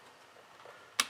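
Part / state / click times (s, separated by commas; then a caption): memory module into desktop motherboard DIMM slot / seated / 1.0 s. A DDR4 memory stick is pressed down with both thumbs into its motherboard DIMM slot in a Dell Inspiron 3471 desktop. After about a second of quiet, a single sharp click sounds at 1.0 s as the white retention tabs lock, and the module is seated.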